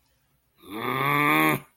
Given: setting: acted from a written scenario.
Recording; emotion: vocal sound without words; anger